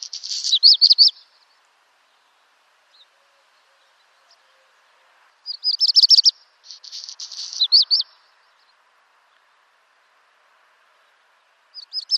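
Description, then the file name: Black redstart singing brief high songs of rapid stuttered notes ending in scratchy, jingling phrases, repeated with pauses of several seconds between; a new song starts at the end. "Rouge queue noir"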